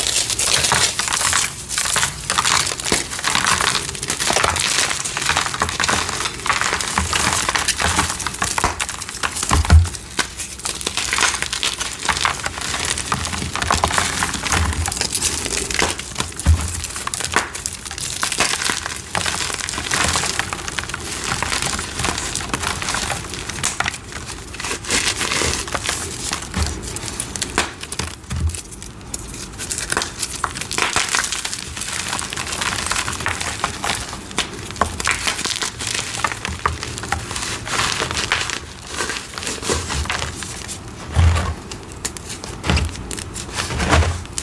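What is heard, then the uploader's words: Crunchy cornstarch and dyed chalk crumble in a dense, continuous stream of crisp, gritty crackles and crinkles. The bright, fine-grained texture stays steady for the whole stretch. Occasional firmer snaps and soft low thumps land near 10, 16, 28 and 41 seconds. Crispy, crunchy, flaky, gritty cornstarch crunchies and dyed gym chalk crumbling. GREEN Citric Acid Dyed Chalk.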